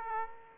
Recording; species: mosquito wingbeat signal from an infrared sensor; Aedes aegypti